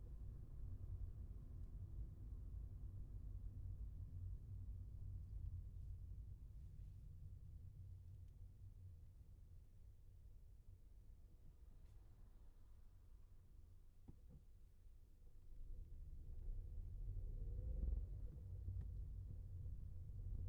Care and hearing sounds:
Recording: everyday scene through a hearing-aid microphone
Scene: in a vehicle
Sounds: engine, traffic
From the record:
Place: Skoda Fabia, gasoline engine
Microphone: behind the ear, left, rear

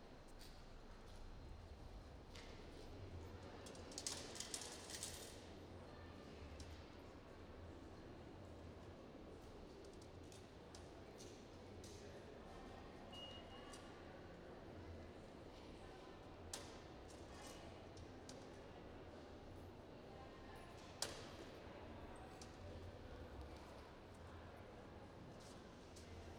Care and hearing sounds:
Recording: everyday scene through a hearing-aid microphone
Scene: reverberant space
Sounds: background noise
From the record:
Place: railway station hall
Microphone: in the ear canal, right

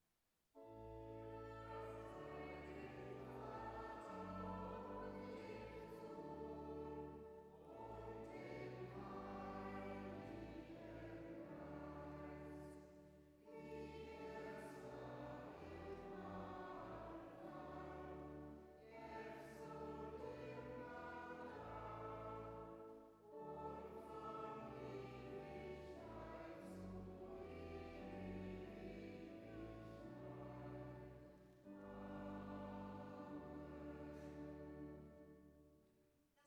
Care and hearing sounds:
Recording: everyday scene through a hearing-aid microphone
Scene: reverberant space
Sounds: music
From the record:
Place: church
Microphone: behind the ear, left, front

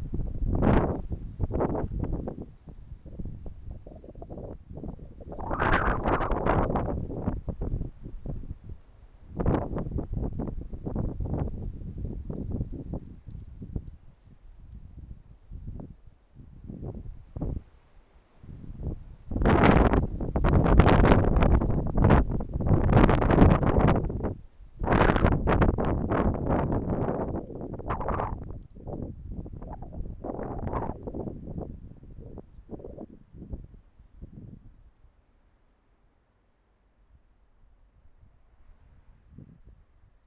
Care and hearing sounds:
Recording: everyday scene through a hearing-aid microphone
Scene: wind on the microphone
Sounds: wind, traffic, birds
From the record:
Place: suburban garden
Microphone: behind the ear, right, rear

